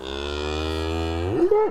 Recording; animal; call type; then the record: contact call of a hoofed animal; cattle; low-frequency (closed-mouth) or high-frequency (open-mouth) call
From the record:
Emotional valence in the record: negative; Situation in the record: full separation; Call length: 1.71 s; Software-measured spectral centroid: 1760 Hz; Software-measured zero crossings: 1500 a second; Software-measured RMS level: -23 dBFS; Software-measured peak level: -7 dBFS